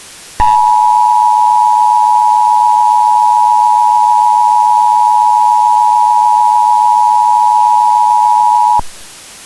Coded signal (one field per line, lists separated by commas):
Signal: Emergency Alert System (SAME) tones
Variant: 853 and 960 Hz attention tone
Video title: EAS Special - Meltdown [REUPLOAD]